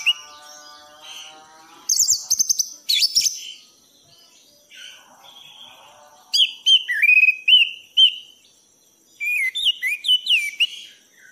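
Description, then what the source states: Thrush singing varied phrases: sharp bursts, then rising and falling whistles in short groups. Masteran song in the 'gacor teler' style, used for training pet birds.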